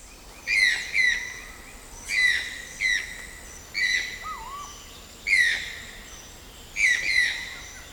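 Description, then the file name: Channel-billed toucan song of loud, croaking yelps, often doubled, recurring about every one and a half seconds; a brief fainter whistle from another bird in the middle. Recorded along the Kaw road on 29 July 2008. "2008-07-29-routedekaw-toucanariel"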